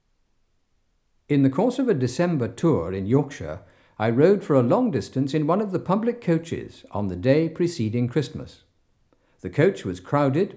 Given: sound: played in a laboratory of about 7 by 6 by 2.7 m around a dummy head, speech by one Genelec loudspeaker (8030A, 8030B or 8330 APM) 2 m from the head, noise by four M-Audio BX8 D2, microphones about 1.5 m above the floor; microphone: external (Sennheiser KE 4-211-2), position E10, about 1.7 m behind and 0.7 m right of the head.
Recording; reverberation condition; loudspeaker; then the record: male speech in English; medium; 150 degrees to the right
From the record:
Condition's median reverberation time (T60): about 510 ms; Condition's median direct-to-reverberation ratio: about -0.5 dB